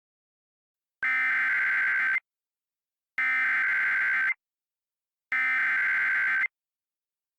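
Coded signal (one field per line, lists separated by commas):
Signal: Emergency Alert System (SAME) tones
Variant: header bursts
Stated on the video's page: SAME tones in a fictional EAS scenario about Siren Head attacking Loveland, Colorado.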